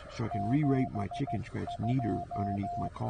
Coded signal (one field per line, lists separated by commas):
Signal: Morse code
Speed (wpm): 16 wpm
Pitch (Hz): 690 Hz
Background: speech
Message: 72